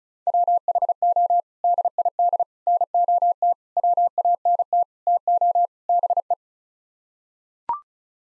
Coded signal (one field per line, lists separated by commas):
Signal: Morse code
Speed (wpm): 36 wpm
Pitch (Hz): 700 Hz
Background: none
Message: WHO DID NOT WANT TO BE